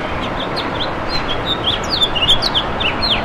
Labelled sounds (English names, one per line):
House Finch song